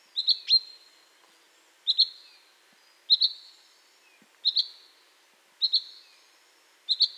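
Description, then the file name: Common chaffinch giving a high, double-noted call, repeated several times at fairly even intervals. "Fringilla coelebs"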